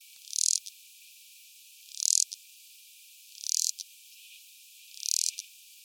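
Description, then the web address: Cicada song: four short, high buzzy bursts, each closed by a brief click, repeated roughly every one and a half seconds over a quiet background. New Zealand. "cicada NZ species"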